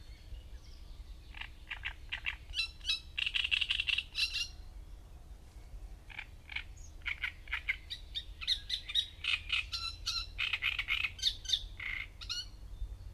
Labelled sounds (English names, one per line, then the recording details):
Great Reed Warbler song
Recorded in the wild
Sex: male
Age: adult
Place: Gorinsee, Brandenburg, DE
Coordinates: 52.6889, 13.4711
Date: 1990-05-19 12:54
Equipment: Uher 4400 Report Monitor, Sennheiser MKH 416 T
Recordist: Frommolt, Karl-Heinz